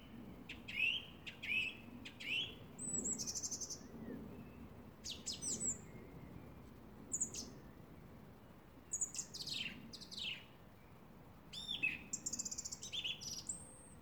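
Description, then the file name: Song thrush song of varied phrases: clear repeated whistles, sharp clicks and scratchy high notes, each motif given a few times before changing, over a steady low rumble. "Drozd pevchij - Zvuki pevchego drozda"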